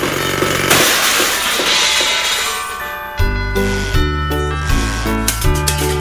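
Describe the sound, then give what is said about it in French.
Loud, grinding construction noise, like a chainsaw or jackhammer, roars alone for about three seconds, then a steady melodic Christmas tune with sustained notes starts and plays on beneath the continuing construction racket laid over it. “C'est plus une tune normale avec des bruits de construction par-dessus.”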